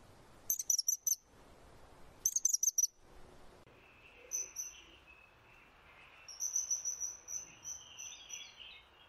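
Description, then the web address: Bird song: two quick bursts of high, thin chirps, then softer scattered high notes over a faint lower warbling band. "az brid sounds"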